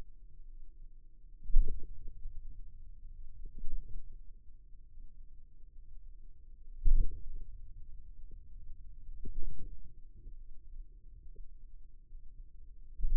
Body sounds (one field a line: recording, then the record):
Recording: forearm muscle sounds (acoustic myography)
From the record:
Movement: hand opening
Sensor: system 2, bracelet of six BSWA MPA416 microphones around the upper forearm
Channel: 2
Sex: male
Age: 22 years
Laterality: right